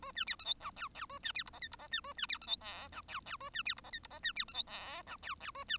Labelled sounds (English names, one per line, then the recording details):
Bengalese Finch song
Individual Bird1